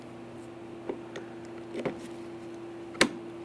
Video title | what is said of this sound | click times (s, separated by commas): How to Replace Front Exterior Door Handles 2015-2020 Ford F-150 | Press it in, listen for a click from each of those 2 ears. | 3.0 s